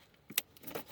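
A top connector or quick-connect line is handled at an EVAP purge solenoid during its reinstallation on a Buick, Cadillac, Chevrolet, GMC or Saturn vehicle. Faint handling taps lead to a sharp, bright tick near 0.4 s, followed by softer scraping and rustling toward the end. The connector has not seated or clicked into place yet.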